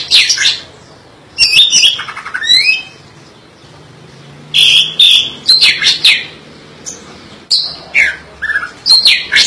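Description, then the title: Greater green leafbird song: loud, bright whistled and chattering phrases, high and varied, delivered in bursts separated by short pauses, with sharp slurred notes. "cck IJO"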